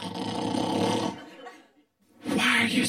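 Two loud, rough, roaring snore-like bursts with a pause between, an exaggerated imitation of snoring by an adult man.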